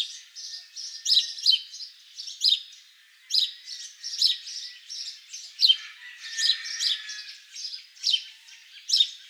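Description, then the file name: House sparrow chirping: bright, repeated chirps in quick clusters, roughly once or twice a second, with short pauses between groups. "Passer domesticus"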